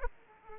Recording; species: mosquito wingbeat signal from an infrared sensor; Aedes aegypti